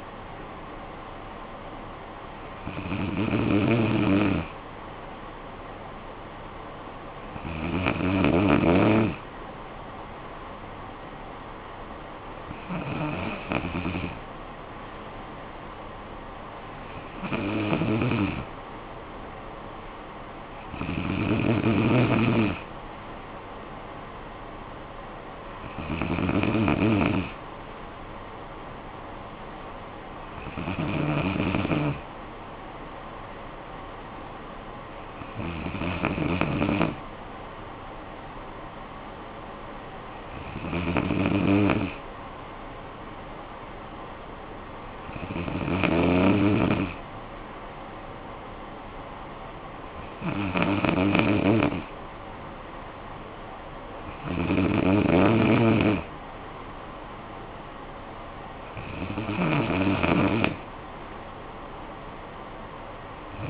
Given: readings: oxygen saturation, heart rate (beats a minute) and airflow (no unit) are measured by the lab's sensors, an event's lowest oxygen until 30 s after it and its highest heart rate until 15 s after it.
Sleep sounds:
breathing in sleep by a voice recorder at the bedside; none
none scored
From the record:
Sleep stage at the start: N2 (light sleep); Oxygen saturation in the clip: 93 to 94%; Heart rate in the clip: 51 to 66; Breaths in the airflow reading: 13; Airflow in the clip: -10.4 to 6.2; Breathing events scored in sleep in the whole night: 445 in 7.6 hours asleep

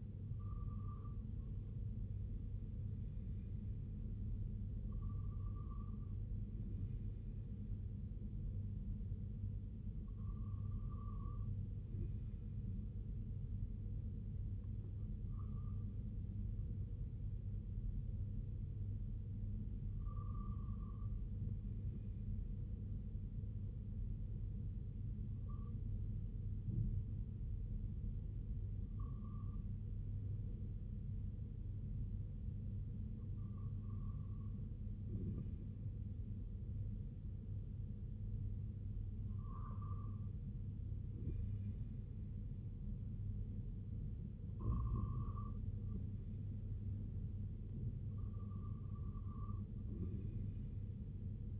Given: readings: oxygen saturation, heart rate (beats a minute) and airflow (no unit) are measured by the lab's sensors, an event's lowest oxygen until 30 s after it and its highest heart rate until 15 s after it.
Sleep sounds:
breathing in sleep by a smartphone at the bedside; 1
23.00-42.50 s: hypopnea (REM, oxygen 98% highest, then 95% lowest, heart rate 65 at the start, 67 highest)
From the record:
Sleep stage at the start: REM sleep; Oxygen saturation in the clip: 95 to 98%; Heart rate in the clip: 57 to 77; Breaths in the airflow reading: 10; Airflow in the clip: -6.0 to 3.8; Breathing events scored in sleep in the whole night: 258 in 7.4 hours asleep

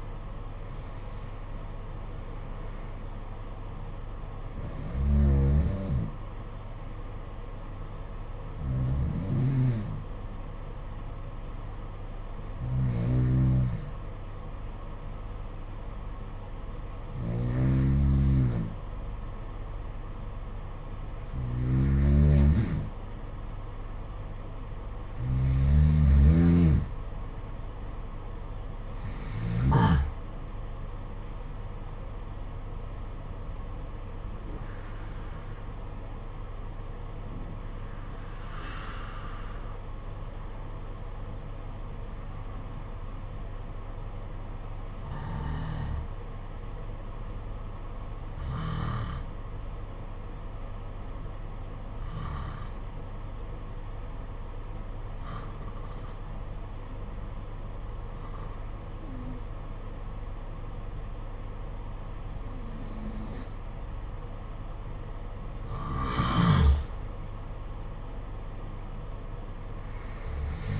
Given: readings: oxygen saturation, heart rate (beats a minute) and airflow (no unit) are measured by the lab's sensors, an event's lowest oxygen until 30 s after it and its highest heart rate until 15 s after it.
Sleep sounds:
breathing in sleep by a smartphone at the bedside; 2
10.00-25.60 s: hypopnea (N1, oxygen 92% highest, then 89% lowest, heart rate 61 at the start, 65 highest)
47.00-65.80 s: hypopnea (N1, oxygen 93% highest, then 87% lowest, heart rate 58 at the start, 64 highest)
From the record:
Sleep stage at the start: N1 (lightest sleep); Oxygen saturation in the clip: 89 to 93%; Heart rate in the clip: 55 to 65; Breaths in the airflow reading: 18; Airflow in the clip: -7.7 to 8.7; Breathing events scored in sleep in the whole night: 476 in 9.7 hours asleep

